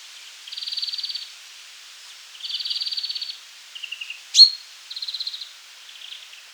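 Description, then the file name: European greenfinch trills, each a fast even series of pulses lasting up to about a second, repeated with gaps, plus one sharp bright note midway. "Chloris chloris"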